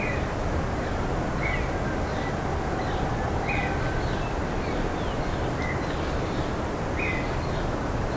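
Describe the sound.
Bird calls: brief chirps every second or two, some with fainter higher notes between them, beneath a continuous hissing background roar.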